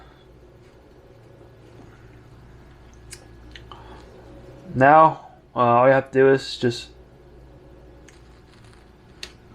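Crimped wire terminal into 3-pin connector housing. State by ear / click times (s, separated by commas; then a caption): seated / 9.2 s. A crimped wire terminal is pushed into the back of a plastic 3-pin connector housing while someone talks briefly in the middle of the clip, with a few faint ticks before and after. The terminal seats with a sharp little click at 9.2 s.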